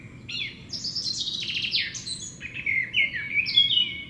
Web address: SETE data Sylvia atricapilla